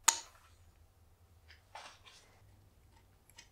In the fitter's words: возвращаем на место регулятор отскока до характерного щелчка